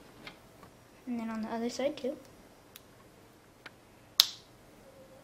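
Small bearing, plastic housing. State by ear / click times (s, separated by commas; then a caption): seated / 4.2 s. A ball bearing is pressed into the other side of a plastic transmission case half on a Team Associated SC10 2WD RC car as part of replacing the transmission bearings. Someone talks, a few faint ticks follow, and then a single sharp snap at 4.2 s marks the bearing seating in the case.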